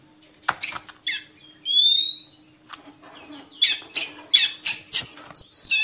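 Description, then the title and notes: Oriental magpie-robin song: scattered clicks and harsh notes, a long rising whistle, then quick chattering and a high warbled ending. Long-duration magpie-robin filler (isian) song recording for training birds to sing actively day and night. "Kacer Jadi Gacor Siang Malam. Isian Kacer Durasi Panjang"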